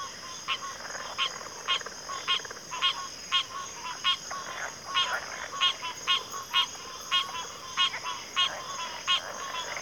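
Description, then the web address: Crickets drone in a high unbroken chorus, punctuated by regular rasping pulses. Cricket chorus recorded at a backwater. "Natures Songs Sleep Sounds of Nature CRICKETS Backwater Chorus"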